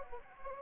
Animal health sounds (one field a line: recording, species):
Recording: mosquito wingbeat signal from an infrared sensor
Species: Anopheles arabiensis